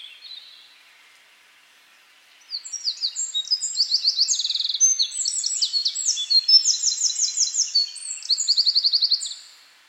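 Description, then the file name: Eurasian wren song starting after a quiet pause: about seven seconds of shrill, rapid warbles and machine-gun trills, very high and energetic. "Troglodytes troglodytes"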